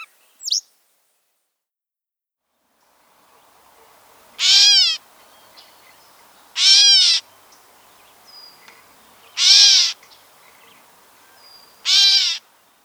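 Gray catbird harsh mewing calls, four broad nasal notes spaced about every two and a half seconds, with a short sharp note at the start and quiet background.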